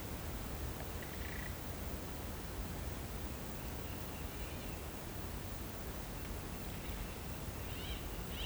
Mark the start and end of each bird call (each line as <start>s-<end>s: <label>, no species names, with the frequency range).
7.63s-8.46s: bird call (1.1-5.4 kHz)